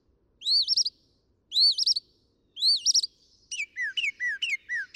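Northern mockingbird song: three identical wavering, rising whistled phrases, then a run of descending slurred chirps repeated rapidly.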